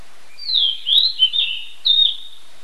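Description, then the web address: Bird song: a short phrase of warbling, slurred whistled notes that dip and rise, followed by a brief higher note, in a quiet background. In a forest. "forrest bird"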